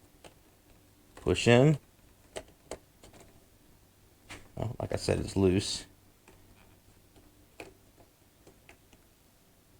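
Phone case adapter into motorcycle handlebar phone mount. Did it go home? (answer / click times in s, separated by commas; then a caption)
no / none. A phone case adapter is lined up with the notches on a chrome Quad Lock motorcycle handlebar phone mount and pushed in while it is still loose. Someone talks around 1.3–1.8 s and 4.5–5.8 s, with faint short taps and ticks scattered through the quiet, including 2.4 s, 2.7 s and 7.6 s. Nothing has clicked or locked into place yet.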